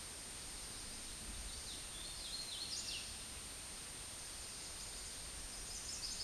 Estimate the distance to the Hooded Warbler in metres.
about 35 m